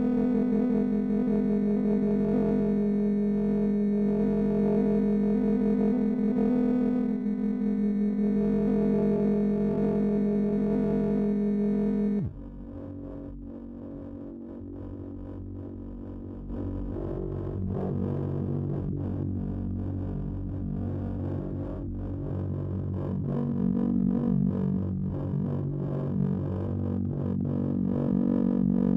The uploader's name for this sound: FM Swarm On Oscillator Bank